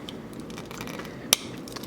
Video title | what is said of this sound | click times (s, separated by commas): Combaticons - Fall of Cybertron Deluxe Class | and Peg it in and they'll snap into place | 1.3 s